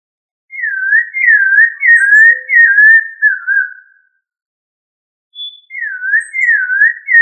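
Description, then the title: Thrush whistling a string of fluty, slurred notes for a few seconds, falling silent, then starting a similar rolling phrase again. "Familia Turdidae - Sabia"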